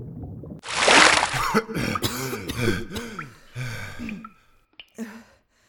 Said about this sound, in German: Über mir sah ich die Wasseroberfläche. Mit einem kräftigen Stoß schwamm ich nach oben und tauchte prustend auf.